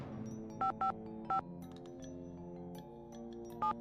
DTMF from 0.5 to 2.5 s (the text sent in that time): 555